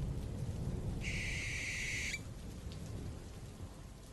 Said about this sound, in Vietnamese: Sau khi thân xác bị vùi lấp dưới đáy sông lạnh lẽo, con chim lợn rùng mình rồi cất cánh lao vụt lên tầng không. Cổ họng của nó cất lên ba tiếng kêu đầy ai oán.